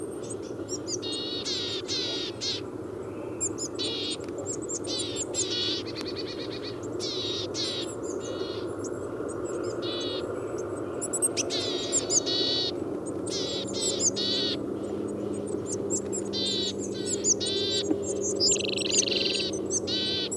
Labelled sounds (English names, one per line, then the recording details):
Willow Tit call
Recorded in the wild
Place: Groß Nemerow, Mecklenburg-Vorpommern, DE
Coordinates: 53.448, 13.219
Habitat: Forest
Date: 1982-03-24 08:45
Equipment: Nagra III BH, Sennheiser MD 21, parabola
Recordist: Schubert, Michael
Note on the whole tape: Viele verschiedene Rufe einer Weidenmeise und bei Streit eines Paares